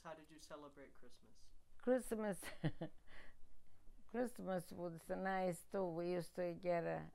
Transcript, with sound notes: How did you celebrate Christmas?
Christmas. ( she laughs ) Christmas was nice, too. We used to get a,